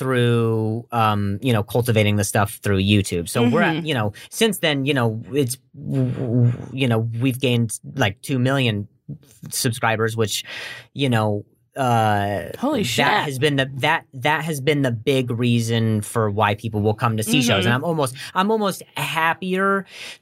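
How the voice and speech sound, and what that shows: Adult man talking with a stutter: stretched sounds, repeated words and phrases like 'the, the, that' and 'I'm almost, I'm almost', and frequent fillers and pauses.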